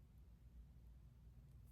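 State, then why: Not seated. A plastic cap is put back on a cosmetic eyeliner pen and twisted to close it. Only a quiet, steady low hum with no distinct hits is heard. The cap fails to click shut, and nothing has clicked yet.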